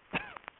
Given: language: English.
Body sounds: throat vibration sensor signal played as sound; cough

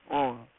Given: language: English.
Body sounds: throat vibration sensor signal played as sound; speech

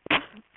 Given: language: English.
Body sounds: throat vibration sensor signal played as sound; cough

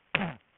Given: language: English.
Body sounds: throat vibration sensor signal played as sound; throat clearing

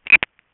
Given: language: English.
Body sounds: throat vibration sensor signal played as sound; swallow

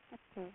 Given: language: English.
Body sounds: throat vibration sensor signal played as sound; speech

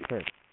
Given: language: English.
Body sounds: throat vibration sensor signal played as sound; speech

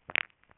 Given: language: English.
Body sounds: throat vibration sensor signal played as sound; swallow

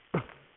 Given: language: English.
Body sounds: throat vibration sensor signal played as sound; cough

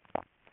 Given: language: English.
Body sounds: throat vibration sensor signal played as sound; swallow

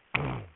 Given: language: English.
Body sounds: throat vibration sensor signal played as sound; throat clearing

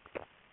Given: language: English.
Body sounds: throat vibration sensor signal played as sound; swallow

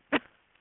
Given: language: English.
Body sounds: throat vibration sensor signal played as sound; cough

